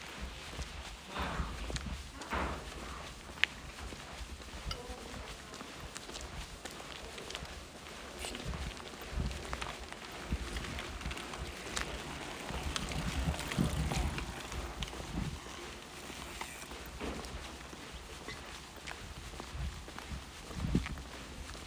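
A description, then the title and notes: Footsteps crunch steadily on a dirt trail during a hike, an uneven walking rhythm with scuffs and small stones underfoot. Faint voices of other hikers come and go, and a low rumble of wind or handling noise sits underneath throughout. Hiking in the McDowell Mountains in Phoenix, Arizona. There were a lot of other people out this day, enjoying time with family on a hike or bike ride. Some taking the Lost Dog Wash trail like myself, and others taking the Sunrise trail up to one of the summits. Walking on rocks.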